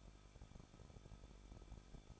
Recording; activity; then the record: daily activity, microphone in the room; no activity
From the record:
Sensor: 5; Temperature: 20.9 degrees Celsius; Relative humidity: 38.2%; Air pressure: 1006.4 hPa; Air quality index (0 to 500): 189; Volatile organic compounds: 19 ppm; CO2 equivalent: 2662 ppm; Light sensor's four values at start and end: 2/3/1/1 and 2/3/1/1